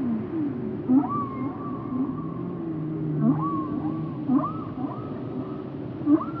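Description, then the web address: Whale calls: soft arching moans and brief low squeaks recur throughout over constant low noise. Recorded underwater. "zvuci ot kitove glasove na kitove pod vodata"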